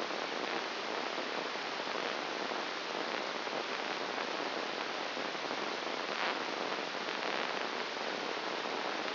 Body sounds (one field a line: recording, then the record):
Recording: brain microelectrode recording played as sound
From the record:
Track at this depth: inside the subthalamic nucleus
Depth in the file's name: 3.902 mm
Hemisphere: left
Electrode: 2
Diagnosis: Parkinson's disease